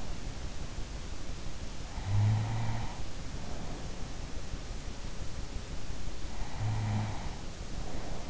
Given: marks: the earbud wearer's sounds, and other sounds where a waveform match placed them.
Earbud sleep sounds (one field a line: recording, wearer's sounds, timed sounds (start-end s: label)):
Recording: sounds in sleep by an in-ear microphone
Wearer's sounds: snoring breath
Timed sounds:
1.90-3.98 s: snoring breath
6.24-8.30 s: snoring breath